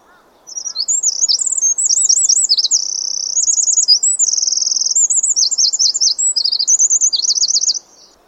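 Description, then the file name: Eurasian wren delivering a long, vigorous song of high, fast trills, rattles and warbled loops for about seven seconds, then falling silent. "Troglodytes troglodytes"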